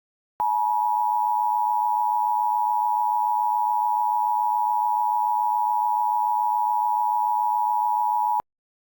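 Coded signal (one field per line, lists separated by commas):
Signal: Emergency Alert System (SAME) tones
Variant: 853 and 960 Hz attention tone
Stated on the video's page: Fictional EAS scenario containing valid SAME tones.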